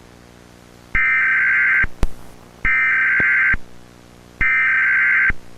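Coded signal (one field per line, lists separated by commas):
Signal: Emergency Alert System (SAME) tones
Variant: header bursts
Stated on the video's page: Fictional EAS scenario about a skinwalker in Mississippi; simulated alert.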